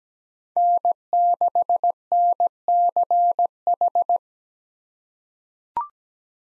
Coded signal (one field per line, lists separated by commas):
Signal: Morse code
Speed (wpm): 17 wpm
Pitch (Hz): 700 Hz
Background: none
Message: N6NCH